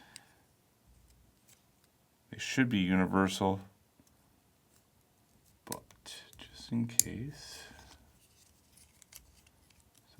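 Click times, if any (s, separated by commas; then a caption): 9.0 s, 9.2 s. Two matching 3D-printed plastic parts of a plating rotator are pressed together as a pair while someone talks, with light handling taps and rustles between. Sharp clicks at 9.0 s and 9.2 s mark the parts clicking into place, and they are confirmed seated.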